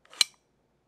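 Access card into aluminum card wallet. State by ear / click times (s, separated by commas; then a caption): seated / 0.2 s. A badge access card is pushed into the slot of a Decadent Minimalist DM1 aluminum card wallet. A short sliding scrape starts around 0.1 s, then a sharp, bright metallic tink at 0.2 s that fades within about a tenth of a second before silence. The card snaps securely into place at 0.2 s.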